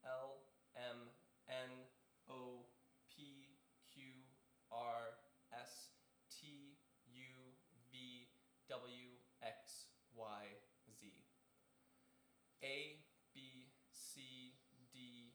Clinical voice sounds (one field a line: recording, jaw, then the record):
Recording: letters of the alphabet, spoken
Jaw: free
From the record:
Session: seven days later